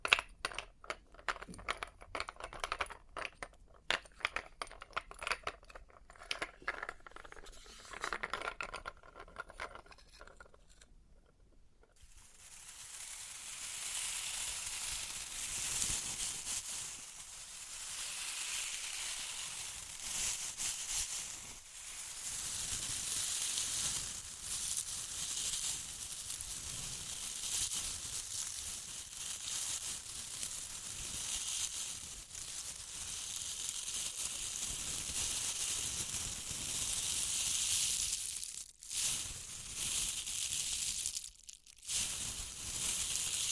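Experimental triggers in test tubes: the first eleven seconds hold quick, bright clicks and taps with glassy ringing, then a short pause. After that comes a steady, dense crinkling hiss that lasts to the end, broken by brief silences near 38 and 42 seconds.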